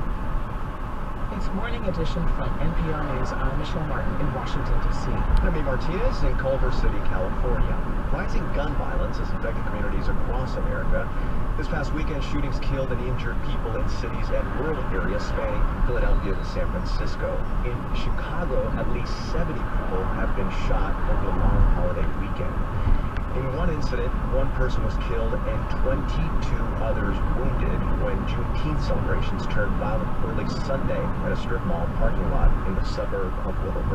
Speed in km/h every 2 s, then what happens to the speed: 55, 53, 53, 53, 55, 55, 55, 56, 56, 56, 58, 58, 61, 61, 63, 64, 61.
0-18 steady at about 55. 18-29 speeds up to 64.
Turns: none.